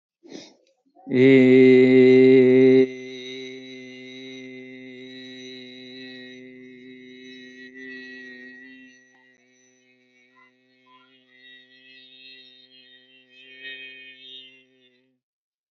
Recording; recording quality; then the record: sustained vowel as in made; moderate, slight background noise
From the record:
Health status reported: healthy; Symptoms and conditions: none ticked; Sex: male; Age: 25 years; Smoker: not ticked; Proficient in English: yes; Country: India